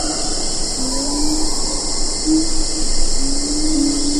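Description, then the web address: Siamang calls: long, low, tonal hoots that slide upward, repeated several times over a steady high insect drone. "earth naturelibrary assets s si siamang"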